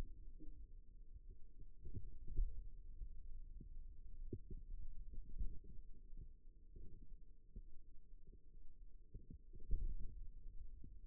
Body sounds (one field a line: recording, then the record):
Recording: forearm muscle sounds (acoustic myography)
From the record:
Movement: pen grasping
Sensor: system 2, bracelet of six BSWA MPA416 microphones around the upper forearm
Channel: 3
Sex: male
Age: 22 years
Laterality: right